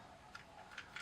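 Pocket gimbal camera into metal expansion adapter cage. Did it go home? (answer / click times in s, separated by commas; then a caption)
yes / 0.4 s. A DJI Osmo Pocket 3 gimbal camera is pushed into a ULANZI aluminium expansion adapter cage, with its buttons lined up through the openings, until it locks in place. A sharp click at 0.4 s marks it seating, followed by two softer ticks at 0.8 s and 1.0 s over a low background hiss.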